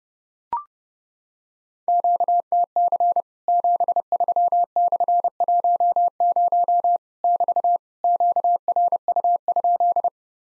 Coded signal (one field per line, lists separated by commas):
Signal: Morse code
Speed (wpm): 30 wpm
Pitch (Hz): 700 Hz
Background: none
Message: QTC 73/10 <BT> QRU?